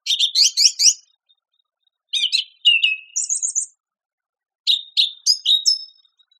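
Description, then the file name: Song thrush song: varied, repeated sharp notes and a high buzzy flourish, delivered in three separated bursts with short pauses. "suara kicauan burung song thrush. omkicau"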